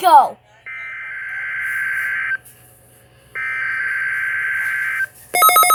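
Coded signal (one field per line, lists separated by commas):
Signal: Emergency Alert System (SAME) tones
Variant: header bursts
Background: speech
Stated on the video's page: NOAA Weather Radio Required Weekly Test received from station WNG-705.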